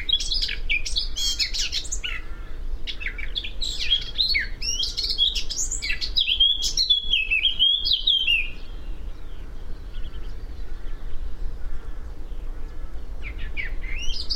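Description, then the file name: Eurasian blackcap song: a rambling chattering warble ending in bright flutey whistles, then a long quiet gap before a short new phrase, over steady low background rumble. "Sylvia atricapilla"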